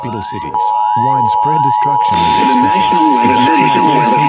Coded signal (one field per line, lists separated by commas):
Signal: Emergency Alert System (SAME) tones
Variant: 853 and 960 Hz attention tone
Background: speech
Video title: School Drill | EAS